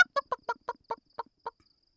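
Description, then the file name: Chicken clucking, a series of eight short clucks, slowing slightly toward the end. "Huhn"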